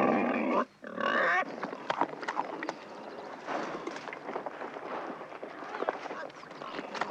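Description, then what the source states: Wild boar squealing harshly in two loud bursts over about one and a half seconds, followed by scattered softer grunts and snorts with rustling and clattering noises. Wild boar recorded in a city.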